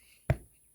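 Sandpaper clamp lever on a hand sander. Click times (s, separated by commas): 0.3 s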